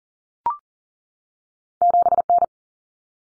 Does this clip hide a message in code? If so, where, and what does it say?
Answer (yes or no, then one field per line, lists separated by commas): yes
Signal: Morse code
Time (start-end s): 1.8-2.4 s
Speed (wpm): 40 wpm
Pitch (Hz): 700 Hz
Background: none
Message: 7N